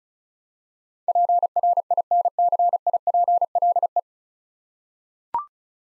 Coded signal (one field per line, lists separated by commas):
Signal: Morse code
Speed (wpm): 36 wpm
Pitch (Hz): 700 Hz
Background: none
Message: PRINCIPLE